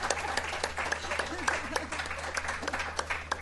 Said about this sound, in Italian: Beh, facciamo un applauso di benvenuto.